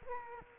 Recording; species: mosquito wingbeat signal from an infrared sensor; Culex quinquefasciatus